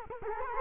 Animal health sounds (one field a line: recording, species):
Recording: mosquito wingbeat signal from an infrared sensor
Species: Culex quinquefasciatus